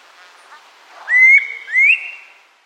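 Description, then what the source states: Santa Marta antpitta song: two clear, rising whistled notes about half a second apart, each sliding upward, over faint background hiss. South America.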